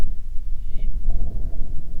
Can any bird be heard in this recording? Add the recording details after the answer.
yes. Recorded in the Prudhoe Bay oil fields, Alaska, on 25 July 2019 at 02:59. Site 11